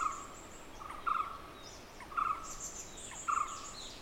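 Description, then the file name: Barbet: a hollow note repeated every second or so, with brief high-pitched chirps and twittering from other birds in the background. "Barbets Grey Wag"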